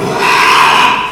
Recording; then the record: squeal of a Yucatan mini pig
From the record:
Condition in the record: after surgery on the right vocal fold (resection and tissue-engineered implant); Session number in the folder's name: 1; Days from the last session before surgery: 6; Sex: male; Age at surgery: 12 weeks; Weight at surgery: 13 kg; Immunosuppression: cyclosporine, prednisolone